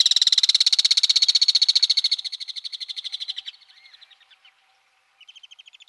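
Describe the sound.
Alpine swift trill: a fast, shrill rattle that weakens toward the end, followed after a pause by a fainter second burst.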